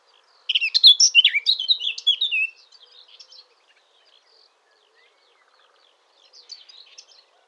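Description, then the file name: Eurasian blackcap delivering a rich, rapid two-second warble of varied high notes, then a faint, softer twittering phrase near the end. "Sylvia atricapilla"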